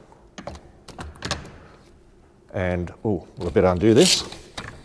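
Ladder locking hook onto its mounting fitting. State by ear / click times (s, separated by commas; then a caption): not seated / none. A stainless steel locking hook on a 2.6-meter extendable ladder is being undone and handled on its mounting fitting, with light knocks and clicks near 0.4, 0.9, 1.3 and 4.6 seconds. Someone talks in the second half of the clip. Nothing has seated or clicked into place yet.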